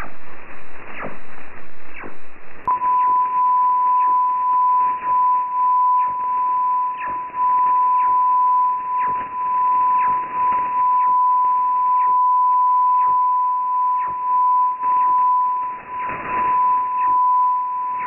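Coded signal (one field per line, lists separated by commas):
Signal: unidentified radio signal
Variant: HAARP carrier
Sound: a steady unbroken 1 kHz whistle starting after a few seconds, over crackling static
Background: radio static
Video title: HAARP transmission, 4440 kHz, February 20, 2017, 0157 UTC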